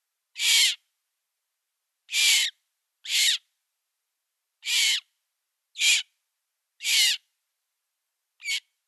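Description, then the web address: Eurasian magpie chicks make scratchy, wheezing begging calls, seven short noisy bursts at uneven intervals, nothing else audible. Nestlings. "Schulze Peter Eurasian Magpie nestlings"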